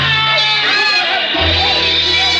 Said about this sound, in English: The wild shouts from the crowd sent me running back.